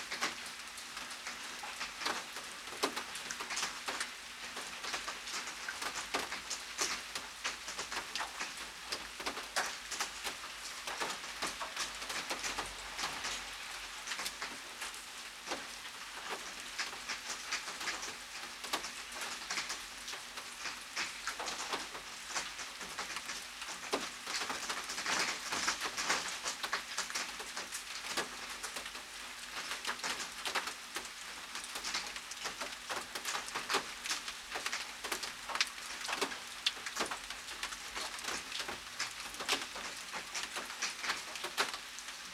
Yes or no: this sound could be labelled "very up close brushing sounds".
no